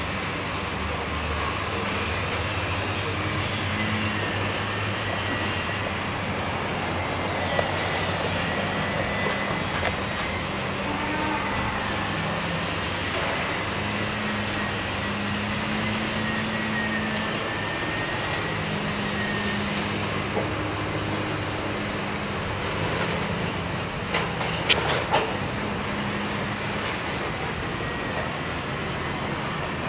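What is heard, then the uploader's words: A steady vehicle rumble fills the scene, like riding inside a train or plane, with a constant low drone and a faint whine near the middle. Soft low tones rise and fall throughout, and a few brief clicks and rattles appear around twenty-five seconds. Both inside and outside.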